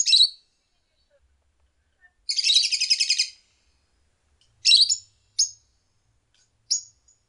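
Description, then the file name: Lovebird calls: a sharp high chirp, a rapid buzzy chattering burst, then scattered short shrill notes with silent pauses between. "suara call lovebird"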